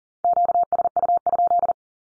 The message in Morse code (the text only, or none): QSU?